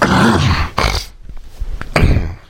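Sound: throat clearing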